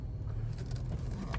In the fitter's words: there we go I heard it click now we're locked in four low with the rear lock